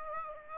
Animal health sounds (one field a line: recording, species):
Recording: mosquito wingbeat signal from an infrared sensor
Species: Aedes aegypti